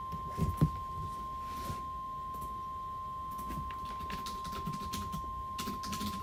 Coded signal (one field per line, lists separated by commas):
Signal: Emergency Alert System (SAME) tones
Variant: 1050 Hz attention tone